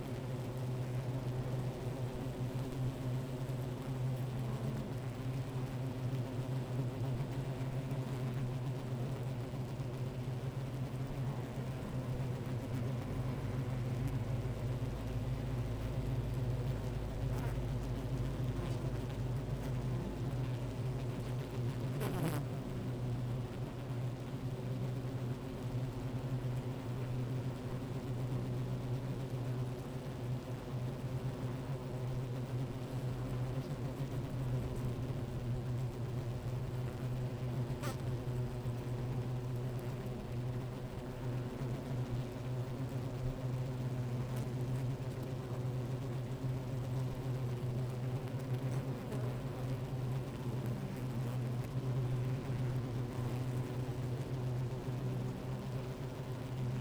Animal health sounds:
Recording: honeybee colony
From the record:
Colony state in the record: active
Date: 28 July 2017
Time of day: 12:02

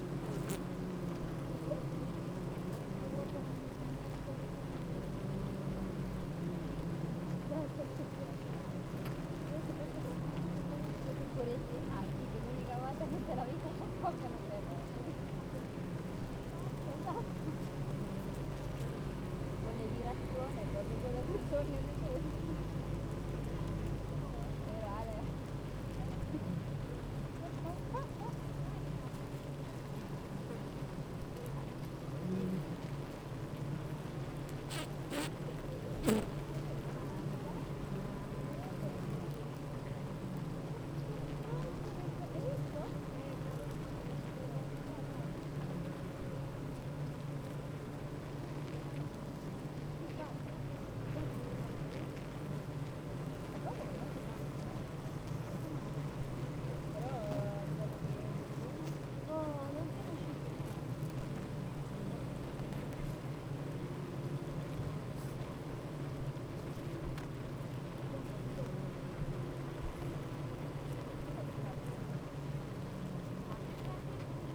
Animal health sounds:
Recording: honeybee colony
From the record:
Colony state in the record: active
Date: 28 July 2017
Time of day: 8:25

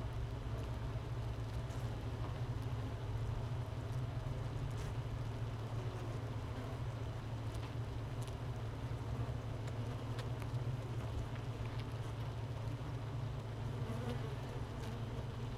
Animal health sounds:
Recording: honeybee colony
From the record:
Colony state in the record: missing queen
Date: 31 May 2018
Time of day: 13:20

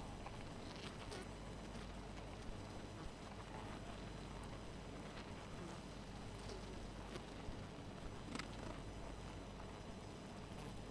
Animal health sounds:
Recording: honeybee colony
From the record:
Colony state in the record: missing queen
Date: 14 July 2017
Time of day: 2:35

